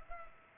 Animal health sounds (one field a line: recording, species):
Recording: mosquito wingbeat signal from an infrared sensor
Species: Culex pipiens